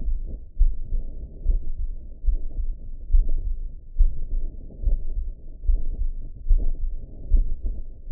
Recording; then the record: heart sounds by optical stethoscope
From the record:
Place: mitral valve (MV)